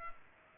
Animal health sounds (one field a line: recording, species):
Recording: mosquito wingbeat signal from an infrared sensor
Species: Culex pipiens